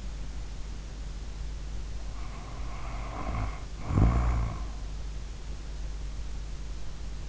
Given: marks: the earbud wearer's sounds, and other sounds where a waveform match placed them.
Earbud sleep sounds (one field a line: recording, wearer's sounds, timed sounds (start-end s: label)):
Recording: sounds in sleep by an in-ear microphone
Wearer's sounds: snoring breath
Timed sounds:
2.13-4.71 s: snoring breath